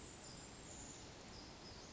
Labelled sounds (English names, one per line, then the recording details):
Western Flycatcher
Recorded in Sonoma County, California